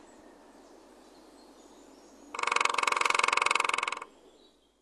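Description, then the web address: Lesser spotted woodpecker drumming: a single fast, steady rattling roll lasting under two seconds, following a quiet stretch. "epeichette"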